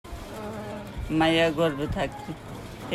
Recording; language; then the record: elicited speech; Bengali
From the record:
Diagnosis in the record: Broca's or global aphasia after a stroke